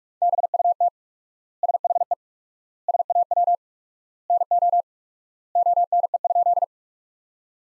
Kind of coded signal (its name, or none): Morse code